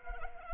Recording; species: mosquito wingbeat signal from an infrared sensor; Culex pipiens